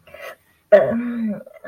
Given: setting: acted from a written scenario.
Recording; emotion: vocal sound without words; embarrassment